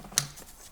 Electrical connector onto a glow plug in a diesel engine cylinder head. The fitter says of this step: and it it means makes this click sound okay and this was this way